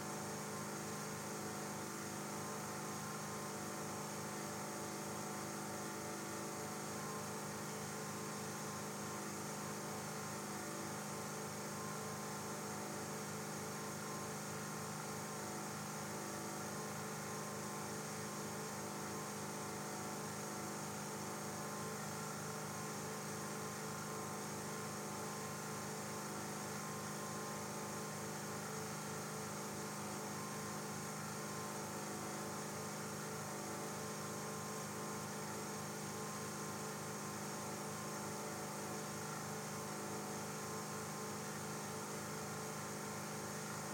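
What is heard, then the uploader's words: A muffled motor hums steadily and unchanging throughout, a dense idling drone with a faint low throb and constant bright hiss above. Suppressed Motor Hum.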